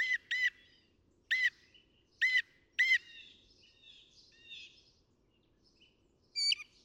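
Northern mockingbird song: several ringing notes, then softer warbled and slurred phrases, ending with one sharp high note.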